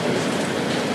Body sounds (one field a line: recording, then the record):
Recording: background sound without coughing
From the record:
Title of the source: Office Sounds Ambience - Background Noise for Study and Work